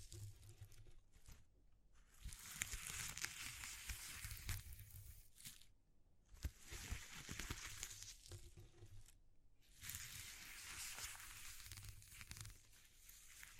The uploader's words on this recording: ASMR Exploring Textures (No Talking).